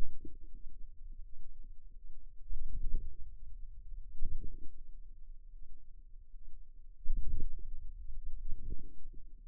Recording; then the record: forearm muscle sounds (acoustic myography)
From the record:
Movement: hand closing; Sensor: system 2, bracelet of six BSWA MPA416 microphones around the upper forearm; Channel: 2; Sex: female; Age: 23 years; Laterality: right